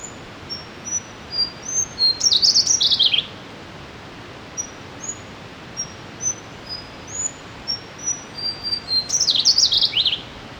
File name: Slaty bellied tesia